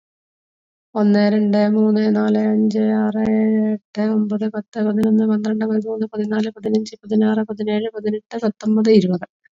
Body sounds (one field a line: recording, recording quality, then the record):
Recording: counting at a normal pace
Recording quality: excellent, no background noise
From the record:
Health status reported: exposed to COVID-19, no respiratory illness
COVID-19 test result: not tested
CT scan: not taken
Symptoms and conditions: cough, cold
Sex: female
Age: 49 years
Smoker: no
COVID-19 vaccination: both doses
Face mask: not worn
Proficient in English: no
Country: India